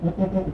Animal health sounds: contact call of a hoofed animal; goat; low-frequency (closed-mouth) or high-frequency (open-mouth) call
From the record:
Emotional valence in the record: positive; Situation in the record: food anticipation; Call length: 0.54 s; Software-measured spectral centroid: 880 Hz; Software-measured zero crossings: 630 a second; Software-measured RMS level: -24 dBFS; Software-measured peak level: -12 dBFS

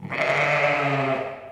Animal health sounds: contact call of a hoofed animal; sheep; low-frequency (closed-mouth) or high-frequency (open-mouth) call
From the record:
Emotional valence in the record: negative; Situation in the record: short social isolation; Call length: 1.52 s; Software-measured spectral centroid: 1800 Hz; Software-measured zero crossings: 2270 a second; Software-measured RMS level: -23 dBFS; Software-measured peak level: -8 dBFS

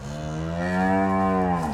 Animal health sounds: contact call of a hoofed animal; cattle; low-frequency (closed-mouth) or high-frequency (open-mouth) call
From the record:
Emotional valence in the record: negative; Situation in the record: full separation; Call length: 1.73 s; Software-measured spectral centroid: 1450 Hz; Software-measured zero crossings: 1230 a second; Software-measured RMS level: -24 dBFS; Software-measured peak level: -11 dBFS

